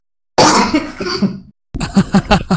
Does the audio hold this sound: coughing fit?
yes